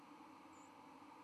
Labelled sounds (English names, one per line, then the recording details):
White-throated Sparrow flight call
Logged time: 09:30 on 31 October 2014